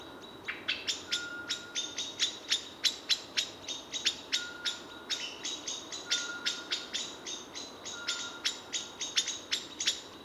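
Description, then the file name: Common blackbird giving sharp, clicking chink calls in fast runs of several notes, the runs repeating throughout. "Turdus merula"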